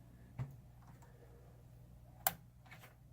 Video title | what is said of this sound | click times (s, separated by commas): Christmas PC Aaron built for Shonna | little click | 2.3 s